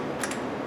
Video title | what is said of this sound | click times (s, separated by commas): Tire Removal Demo | works by putting the socket on the end of the gun just locks in place | 0.2 s